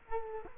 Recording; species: mosquito wingbeat signal from an infrared sensor; Culex quinquefasciatus